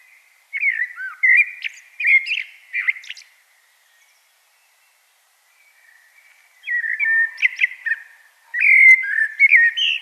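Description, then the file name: Common blackbird song in three rich, warbled whistled phrases: a long pause after the first, then the last two close together, the last cut off. "Turdus merula"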